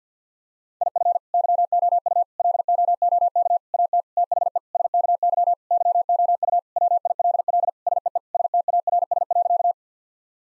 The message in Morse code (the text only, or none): IF YOU LOOK AT THE SKY YOU WILL SEE STARS.